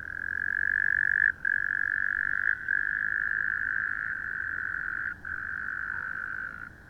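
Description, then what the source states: A frog's sustained buzzing trill continues almost without a break, with only three short gaps across seven seconds. Recorded 11 January 2014.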